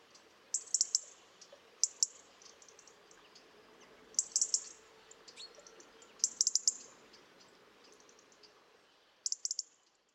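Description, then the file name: European robin calls: clipped, high-pitched ticks in short rapid runs, recurring at intervals throughout against quiet background hiss. "Erithacus rubecula"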